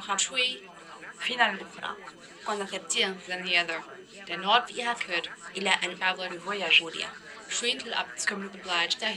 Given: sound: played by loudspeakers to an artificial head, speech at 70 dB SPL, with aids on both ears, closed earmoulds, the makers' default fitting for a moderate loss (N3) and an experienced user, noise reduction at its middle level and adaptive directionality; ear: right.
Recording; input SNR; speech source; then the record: speech test signal (ISTS) in cocktail-party noise; +6 dB; in front (0 degrees)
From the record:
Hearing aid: class 2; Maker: E